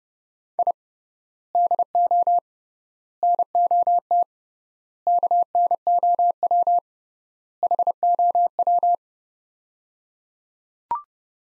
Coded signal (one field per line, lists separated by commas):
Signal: Morse code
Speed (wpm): 30 wpm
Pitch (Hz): 700 Hz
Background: none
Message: I DO NOT KNOW HOW